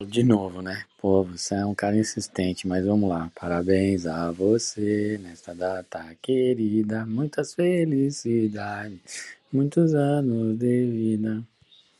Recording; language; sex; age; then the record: short text; Brazilian Portuguese; male; 50 to 59 years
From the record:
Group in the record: control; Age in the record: 54 years